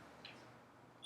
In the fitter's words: you just drive it until it clicks like this right